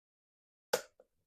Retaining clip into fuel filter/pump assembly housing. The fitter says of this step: you heard that click.